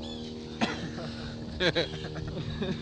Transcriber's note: laughter